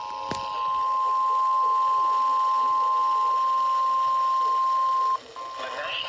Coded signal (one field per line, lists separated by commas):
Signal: Emergency Alert System (SAME) tones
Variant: 1050 Hz attention tone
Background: speech